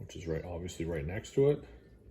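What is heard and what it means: A crimped wire terminal, pin 13, is being handled for insertion into its cavity in a plastic harness connector housing for a 2013+ 4th Gen Ram 1500 CHMSL cargo camera harness. Someone talks throughout, and nothing has seated or clicked yet.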